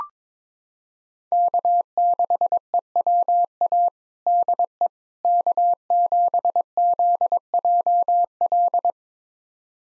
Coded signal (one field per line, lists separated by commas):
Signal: Morse code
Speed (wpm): 22 wpm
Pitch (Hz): 700 Hz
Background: none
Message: K6EWA DE K7ZJL